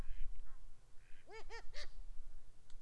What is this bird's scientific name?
Anas platyrhynchos